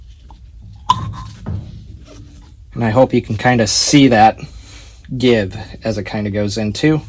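A second oval finger insert is pushed into the other finger hole of a Roto Grip Tour Dynam-X bowling ball and seats with a sharp pop at 0.9 s, the same pop as the first insert, giving slightly as it goes in. Someone then talks.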